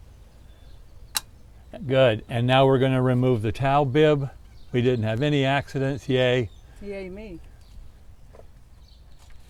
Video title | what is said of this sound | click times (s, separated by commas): Oil Change, Class A Motorhome, Ford V10, F53 Chassis | that the oil is in we're gonna put the cap back on and we're going to turn it until it clicks good | 1.2 s